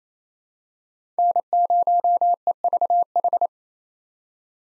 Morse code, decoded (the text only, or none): N0EVH